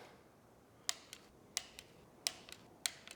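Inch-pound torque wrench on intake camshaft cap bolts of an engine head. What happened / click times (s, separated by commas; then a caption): A click-type torque wrench broke over at its setting on four small bolts in turn / 0.9 s, 1.6 s, 2.3 s, 2.9 s. An inch-pound click-type torque wrench tightens the intake camshaft bearing cap bolts on the head of a BMW F10's N55 engine to 8.5 Nm; it is used because a foot-pound wrench is too low in its range to click, and a bolt could snap. Sharp wrench clicks land at 0.9, 1.6, 2.3 and 2.9 seconds, with fainter ticks in between. The intake camshaft is torqued down.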